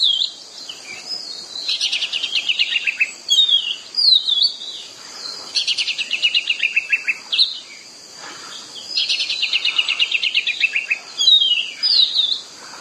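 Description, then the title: Oriental magpie-robin song of sharp whistles interleaved with fast, rattling descending trills, repeated in several phrases. "Kacer"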